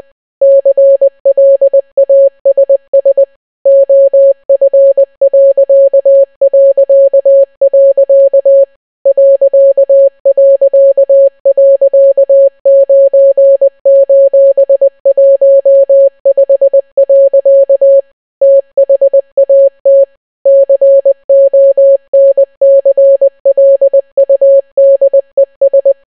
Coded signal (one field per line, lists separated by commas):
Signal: Morse code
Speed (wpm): 20 wpm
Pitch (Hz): 550 Hz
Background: none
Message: CLASS OF... ...9:15. THAT CONCLUDES